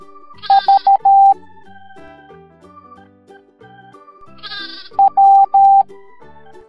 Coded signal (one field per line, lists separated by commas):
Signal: Morse code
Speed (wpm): 13 wpm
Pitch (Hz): 790 Hz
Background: music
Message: V W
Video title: Morse Code Alphabet Sheep Parade